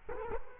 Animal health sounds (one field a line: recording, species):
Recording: mosquito wingbeat signal from an infrared sensor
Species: Culex quinquefasciatus